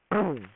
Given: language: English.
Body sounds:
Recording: throat vibration sensor signal played as sound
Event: throat clearing

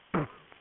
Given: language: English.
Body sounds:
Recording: throat vibration sensor signal played as sound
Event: cough

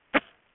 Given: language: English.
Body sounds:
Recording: throat vibration sensor signal played as sound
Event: cough

